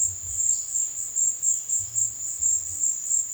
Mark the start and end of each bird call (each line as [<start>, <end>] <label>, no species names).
[0.00, 3.33] bird call